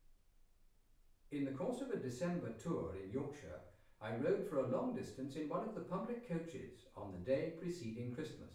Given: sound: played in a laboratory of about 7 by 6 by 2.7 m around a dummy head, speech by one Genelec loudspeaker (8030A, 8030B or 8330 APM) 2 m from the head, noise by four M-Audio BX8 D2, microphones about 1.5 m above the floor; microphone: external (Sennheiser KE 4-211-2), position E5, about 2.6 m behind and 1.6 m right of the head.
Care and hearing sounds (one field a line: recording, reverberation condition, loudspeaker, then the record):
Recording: male speech in English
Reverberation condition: medium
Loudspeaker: 30 degrees to the left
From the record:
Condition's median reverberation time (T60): about 510 ms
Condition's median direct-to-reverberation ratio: about -0.5 dB